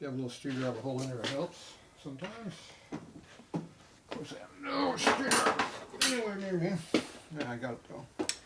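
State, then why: Not seated. Someone talks while handling a motorcycle control cable on a 1999 80ci Evo Harley chopper, holding it at about 90 degrees beside its handlebar control seat. Only brief handling taps are heard, with a sharp tick near 8.3 seconds. The cable end has not popped into its seat yet; nothing has seated or clicked.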